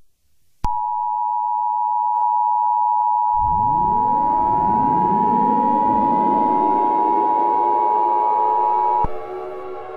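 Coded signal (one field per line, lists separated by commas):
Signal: Emergency Alert System (SAME) tones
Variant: 853 and 960 Hz attention tone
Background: music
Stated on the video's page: Simulated EAS scenario, not a real alert.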